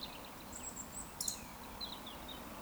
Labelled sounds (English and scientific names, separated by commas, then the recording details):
Eurasian Woodcock (Scolopax rusticola) whistle
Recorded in Baden-Württemberg, Germany, on 14 June 2020 at 20:05 UTC
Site 14569, 102 m above sea level